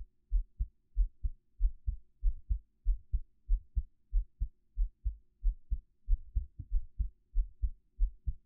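A steady adult heartbeat, about 90 beats per minute, each beat a low, dull lub-dub pair, picked up close with a 3Dio binaural microphone.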